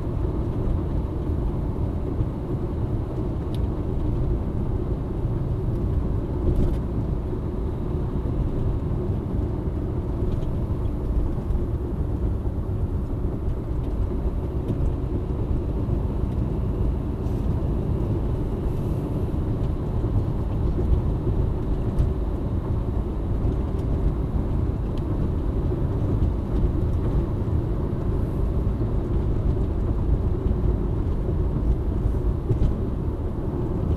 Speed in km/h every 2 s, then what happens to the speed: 79, 79, 79, 76, 75, 74, 70, 70, 69, 79, 80, 82, 84, 83, 83, 81, 79.
0-15 slows to 69. 16-23 speeds up to 84. 23-29 steady at about 83.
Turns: none.